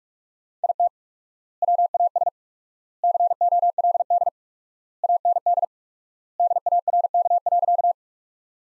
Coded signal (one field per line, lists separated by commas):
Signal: Morse code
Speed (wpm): 46 wpm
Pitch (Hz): 700 Hz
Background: none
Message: IT WAS COLD AND DARK.